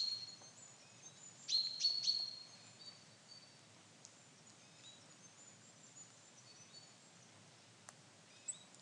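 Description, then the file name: Common chaffinch giving one brief burst of three or four high, sharp notes. Near-silence with faint hiss follows, broken by a few faint ticks. "Fringilla coelebs"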